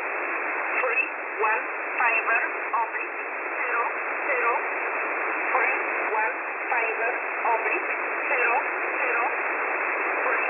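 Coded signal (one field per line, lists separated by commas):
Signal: numbers station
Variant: E11 Oblique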